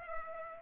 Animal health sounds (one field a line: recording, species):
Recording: mosquito wingbeat signal from an infrared sensor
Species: Culex pipiens